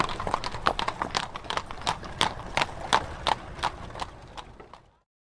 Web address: Hollywood Edge Historical Series War Horses Armies Weapons Cavalry With Atrillery Passes